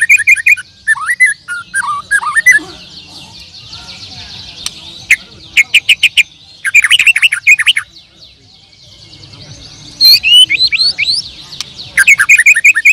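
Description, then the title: Bird song in bursts of fast twittering and sharp clicks, with pauses of a second or two between phrases. "Kicau Burung"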